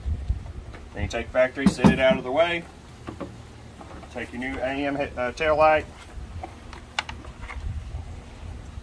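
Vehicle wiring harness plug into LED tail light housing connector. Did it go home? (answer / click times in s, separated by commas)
no / none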